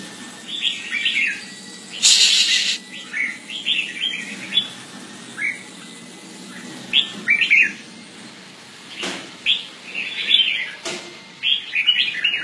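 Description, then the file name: Red-whiskered bulbul calls: repeated bright, wavering chirp phrases every second or two, with a brief hiss burst and a few sharp clicks. "Pycnonotus jocosus"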